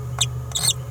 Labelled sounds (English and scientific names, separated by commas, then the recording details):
Green-rumped Parrotlet (Forpus passerinus) babbling
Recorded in a nest box in Venezuela
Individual 18B17A3